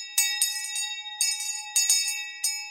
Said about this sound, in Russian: Взяв колокольчик двумя пальцами, человек в черном позвонил в него.